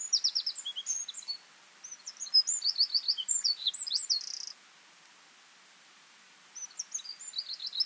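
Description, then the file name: Eurasian wren song: a long, vigorous phrase of piercing notes and rattling trills ending in a buzz, a two-second silence, then another phrase begins. "Troglodytes troglodytes"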